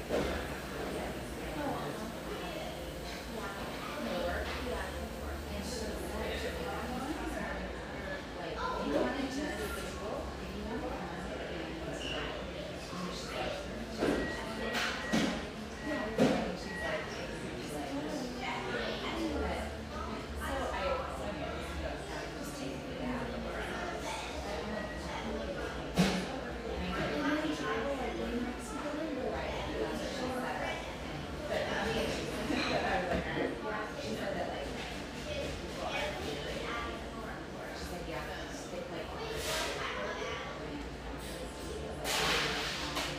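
A humming café near the beach, filled with a steady blend of overlapping voices and chatter that never lets up. Sharp clinks and knocks, like dishes or cutlery, pop out now and then, notably around 9, 15 and 26 seconds, over a low rumble that rises at times.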